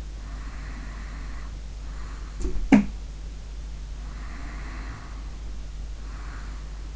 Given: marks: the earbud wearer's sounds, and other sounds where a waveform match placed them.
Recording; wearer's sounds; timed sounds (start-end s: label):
sounds in sleep by an in-ear microphone; breath
0.14-2.37 s: breath
2.53-3.08 s: sound from someone else or the room
3.98-6.96 s: breath